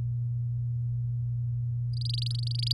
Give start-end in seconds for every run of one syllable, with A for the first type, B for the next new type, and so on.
1.93-2.73 A